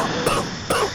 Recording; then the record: coughing mixed with background sound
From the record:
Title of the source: Coughing 79